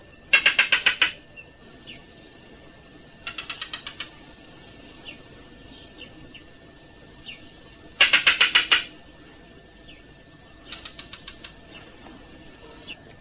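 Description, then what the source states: Barking gecko calls: short bursts of rapid clicking pulses, a louder burst answered by a softer one, repeated; faint chirps scattered between. Two males calling from little sand burrows in their separate territories in the Kalahari, one in the foreground and one in the distance; the call serves species recognition in reproduction.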